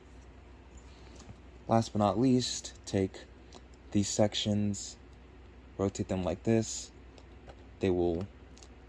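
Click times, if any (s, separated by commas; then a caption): none. Someone talks while rotating the plastic leg sections of a Transformers Generations Legacy Velocitron Speedia 500 Collection Deluxe Class IDW Blurr toy during its transformation to vehicle mode; the sections are meant to click and lock underneath the figure's arms. Faint handling ticks sit between the speech over a steady low hum. Nothing has seated or clicked into place yet.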